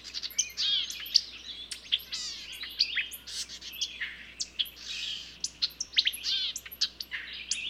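Bird song of chirps, warbled whistles and quick trills from several birds, steady overlapping activity with sharp high notes throughout.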